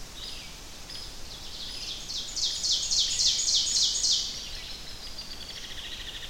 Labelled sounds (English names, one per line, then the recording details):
Ovenbird song
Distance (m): 15 m
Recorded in boreal forest in Alberta, Canada, on 10 June 2016 at 08:19
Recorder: SongMeter 3, array SBT-3-39
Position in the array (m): 234 m, 147 m
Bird 17